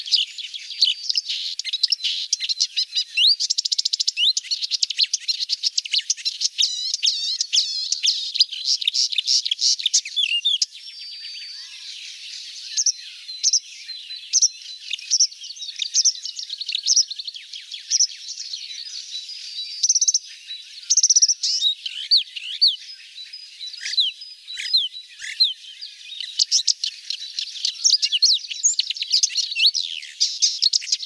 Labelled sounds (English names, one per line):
Marsh Warbler song